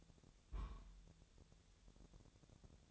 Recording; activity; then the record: daily activity, microphone in the room; place on stove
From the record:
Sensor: 3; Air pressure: 999.2 hPa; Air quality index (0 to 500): 198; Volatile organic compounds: 45 ppm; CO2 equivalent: 3221 ppm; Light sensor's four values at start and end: 7/17/7/6 and 7/17/7/6